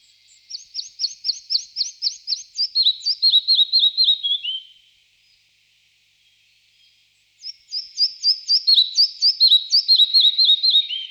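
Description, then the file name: Red-breasted flycatcher song: a rapid series of high, clipped notes that steps down into slower, lower, sweet descending notes, given twice with a short pause. "ficedula parva"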